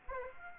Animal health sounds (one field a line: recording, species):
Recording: mosquito wingbeat signal from an infrared sensor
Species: Aedes aegypti